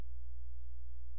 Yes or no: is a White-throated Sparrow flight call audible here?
no